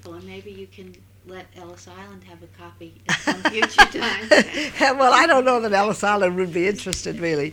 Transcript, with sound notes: And maybe you can let Ellis Island have a copy in some future time. (they laugh)
Yeah. Well, I don't know that Ellis Island would be interested really.